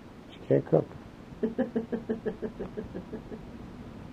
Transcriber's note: laughs